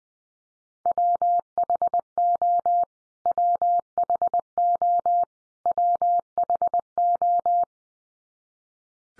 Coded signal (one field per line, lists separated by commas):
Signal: Morse code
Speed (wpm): 20 wpm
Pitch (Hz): 700 Hz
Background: none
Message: WHO WHO WHO